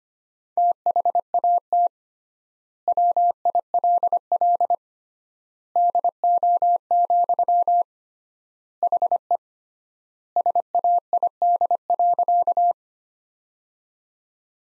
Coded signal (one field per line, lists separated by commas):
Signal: Morse code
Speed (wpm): 25 wpm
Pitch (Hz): 700 Hz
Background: none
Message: THAT WILL DO, HE SAID.